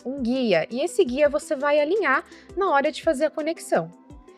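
A woman talks while she lines up the guide on a TECAR applicator cable connector before plugging it into the output socket of a therapy unit, with music playing in the background. The connector has not seated or clicked yet by the end of the clip.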